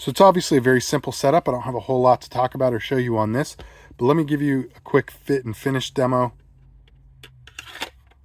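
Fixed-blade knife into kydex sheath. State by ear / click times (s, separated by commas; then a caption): not seated / none. Someone talks for the first six seconds about a fixed-blade knife and its custom-molded Kornscraft Commando kydex sheath, which has a tan reinforcement plate, ahead of a fit-and-finish demo. Afterward it goes quiet except for a few faint, short handling ticks around 7.2 to 7.8 seconds as the knife is brought toward the sheath. The knife has not clicked or seated into the sheath yet.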